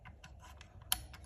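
A new cutter blade part is pushed down into its holder in a Brother PT-D220 P-touch label printer, with its solid backing facing forward, to demonstrate the click again. Faint soft ticks lead up to one sharp, bright click at 0.9 s, followed by a few quieter taps. The blade part is seated.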